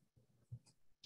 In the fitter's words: go until you kind of hear it click.